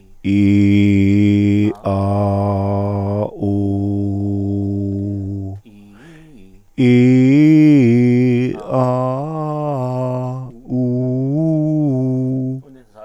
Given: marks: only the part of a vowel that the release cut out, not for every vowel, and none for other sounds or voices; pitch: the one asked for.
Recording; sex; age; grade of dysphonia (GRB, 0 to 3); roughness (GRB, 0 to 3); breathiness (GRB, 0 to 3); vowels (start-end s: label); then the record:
sustained vowels; male; 50 to 59 years; 0; 0; 0
0.39-1.55 s: vowel /i/, low pitch
1.97-3.14 s: vowel /a/, low pitch
3.53-5.29 s: vowel /u/, low pitch
6.96-8.29 s: vowel /i/, low-high-low pitch
8.87-10.24 s: vowel /a/, low-high-low pitch
10.83-12.42 s: vowel /u/, low-high-low pitch
From the record:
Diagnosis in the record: psychogenic dysphonia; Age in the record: 57 years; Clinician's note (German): Mit leichter Hyperfunktion